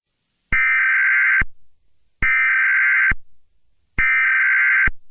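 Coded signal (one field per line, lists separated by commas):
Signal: Emergency Alert System (SAME) tones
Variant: header bursts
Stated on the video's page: Fictional EAS scenario.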